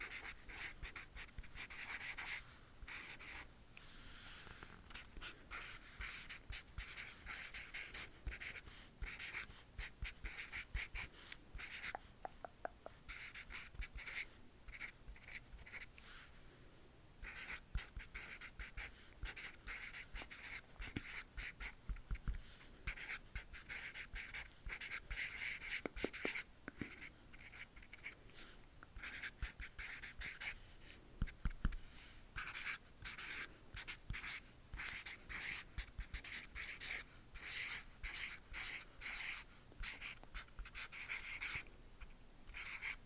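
Tapping and scratching runs for the whole length, a dense, uneven stream of dry, bright scrapes like a pen or nail dragged over a surface. Short sharp taps break through often, with a few louder knocks around 26 and 32 seconds, and brief quieter pauses near 4, 17 and 22 seconds.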